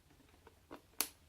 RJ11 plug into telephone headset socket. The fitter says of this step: plug it into the dedicated socket until you hear a click.